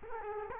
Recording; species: mosquito wingbeat signal from an infrared sensor; Culex quinquefasciatus